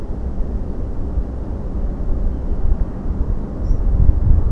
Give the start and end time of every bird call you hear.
3.63s-3.81s: European Pied Flycatcher (Ficedula hypoleuca) (5.1-8.2 kHz)

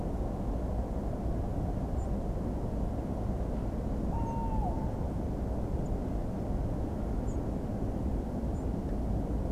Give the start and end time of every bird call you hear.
1.98s-2.08s: European Robin (Erithacus rubecula) (6.9-8.8 kHz)
4.09s-4.77s: Tawny Owl (Strix aluco) (0.7-3.0 kHz)
4.25s-4.35s: European Robin (Erithacus rubecula) (5.8-8.1 kHz)
5.85s-5.89s: Song Thrush (Turdus philomelos) (6.7-8.3 kHz)
7.27s-7.37s: European Robin (Erithacus rubecula) (6.4-8.8 kHz)
8.53s-8.64s: European Robin (Erithacus rubecula) (6.9-8.5 kHz)

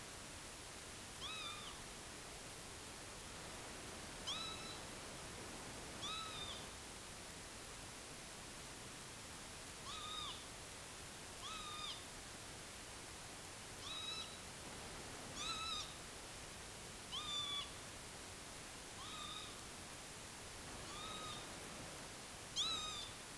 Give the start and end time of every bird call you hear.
1.21s-1.70s: Northern Lapwing (Vanellus vanellus) (0.6-6.9 kHz)
4.26s-4.78s: Northern Lapwing (Vanellus vanellus) (0.7-9.1 kHz)
6.01s-6.55s: Northern Lapwing (Vanellus vanellus) (1.0-8.0 kHz)
9.86s-10.32s: Northern Lapwing (Vanellus vanellus) (0.6-7.6 kHz)
11.42s-11.95s: Northern Lapwing (Vanellus vanellus) (0.9-7.5 kHz)
13.82s-14.37s: Northern Lapwing (Vanellus vanellus) (1.0-7.2 kHz)
15.36s-15.83s: Northern Lapwing (Vanellus vanellus) (0.9-9.1 kHz)
17.12s-17.65s: Northern Lapwing (Vanellus vanellus) (0.9-7.5 kHz)
18.98s-19.48s: Northern Lapwing (Vanellus vanellus) (0.8-7.9 kHz)
20.86s-21.44s: Northern Lapwing (Vanellus vanellus) (0.8-8.1 kHz)
22.56s-23.08s: Northern Lapwing (Vanellus vanellus) (0.8-9.7 kHz)

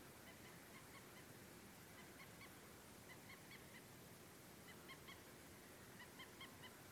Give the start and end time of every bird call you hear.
0.26s-1.24s: Common Moorhen (Gallinula chloropus) (1.0-3.3 kHz)
1.97s-2.49s: Common Moorhen (Gallinula chloropus) (1.0-4.6 kHz)
3.07s-3.81s: Common Moorhen (Gallinula chloropus) (0.9-4.6 kHz)
4.66s-5.15s: Common Moorhen (Gallinula chloropus) (1.0-4.5 kHz)
5.99s-6.70s: Common Moorhen (Gallinula chloropus) (0.9-4.4 kHz)

